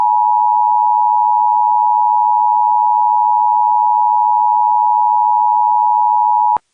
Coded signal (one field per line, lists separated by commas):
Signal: Emergency Alert System (SAME) tones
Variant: 853 and 960 Hz attention tone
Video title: ⚠ EAS Scenario | The Moorcroft Incident ⚠